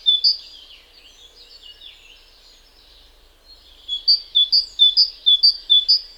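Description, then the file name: Great tit: one sharp two-note phrase, quiet warbling chatter for several seconds, then a steady burst of about six bright, see-sawing two-note phrases. "Parus major"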